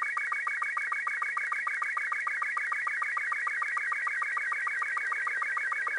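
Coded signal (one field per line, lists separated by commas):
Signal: SSTV (slow-scan television)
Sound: warbling, shifting tones with rapid regular ticking sync pulses, steady throughout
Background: radio static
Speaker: I take it that as a picture I think from the ISS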